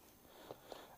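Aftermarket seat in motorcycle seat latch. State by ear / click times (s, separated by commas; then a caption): released / 0.5 s, 0.7 s. A key is turned in the seat latch of a Yamaha MT-09 (FZ-09) motorcycle fitted with an aftermarket Shad seat, giving two short clicks at 0.5 s and 0.7 s over a quiet background. The latch releases and the seat is loose again.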